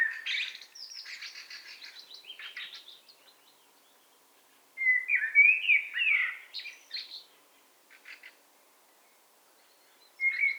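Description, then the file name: Eurasian blackbird song: a run of rapid high chittering notes, a short pause, then a fluted warble and a few scattered sharp notes. "Turdus merula"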